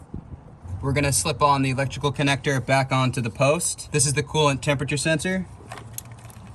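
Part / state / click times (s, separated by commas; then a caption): connector onto coolant temperature sensor / seated / 6.0 s. Someone talks while an electrical connector is slipped back onto the post of the coolant temperature sensor on a Toyota 4Runner 3.4L TRD Supercharged V6 5VZ-FE during a knock sensor replacement (P0325). After the talking stops, a few faint handling sounds lead to a sharp click at 6.0 s as the connector seats.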